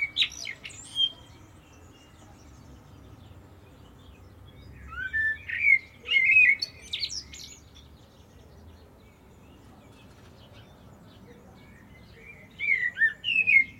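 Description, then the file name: Common blackbird song: separate bursts of mellow warbling mixed with high squeaky twitters, with silent gaps between them. "Turdus merula"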